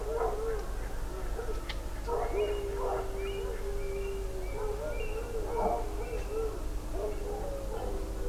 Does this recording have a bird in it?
yes